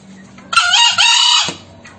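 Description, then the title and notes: Green junglefowl crow: a loud, hoarse, buzzy call split into two rough bursts, about one second overall, with faint hum before and after. Crowing of green junglefowl used as a lure (masteran) to make silent wild junglefowl respond, for trapping. "Kokok Ayam Hutan. MASTERAN AYAM HUTAN HIJAU YANG MACET BUNYI WAJIB NYAUT. Pemikat Ayam Hutan"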